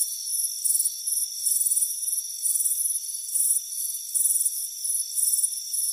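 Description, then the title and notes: Shrill cricket chirps arrive in quick, short trilled groups above an unbroken thin drone. Chirping crickets on a warm afternoon at a front porch. "Soothing Crickets Chirping Sound. It's a warm afternoon as you relax in a hammock on the front porch. the soothing sound of chirping crickets. Deep Sleep Sounds"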